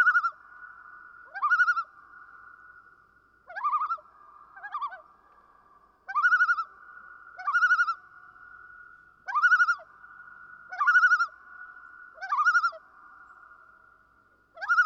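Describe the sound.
Common loon tremolo series: about ten short wavering, laughing bursts at uneven intervals of one to two seconds, each opening with a rising slur.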